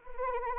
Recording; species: mosquito wingbeat signal from an infrared sensor; Anopheles arabiensis